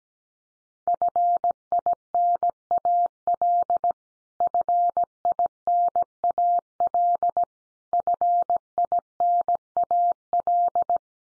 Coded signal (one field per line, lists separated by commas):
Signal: Morse code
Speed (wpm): 17 wpm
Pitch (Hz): 700 Hz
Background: none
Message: FINAL FINAL FINAL